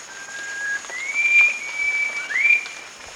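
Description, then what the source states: Rufous-crowned babbler call of clear sustained whistles, a lower note first then a long higher tone and a final upswept note, against a continuous high-pitched insect buzz. Recorded at Danum on 1 March 2008.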